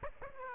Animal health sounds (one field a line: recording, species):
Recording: mosquito wingbeat signal from an infrared sensor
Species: Aedes aegypti